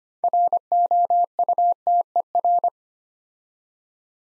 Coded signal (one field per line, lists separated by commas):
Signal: Morse code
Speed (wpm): 25 wpm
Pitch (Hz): 700 Hz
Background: none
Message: ROUTER